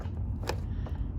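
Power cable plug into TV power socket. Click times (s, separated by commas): 0.5 s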